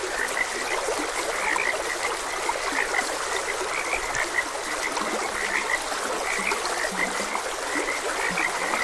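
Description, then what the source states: Frogs give short low croaks, mostly in the second half, alongside a thin chorus of high chirps, with running water hissing steadily throughout. Frogs croaking beside a gentle stream.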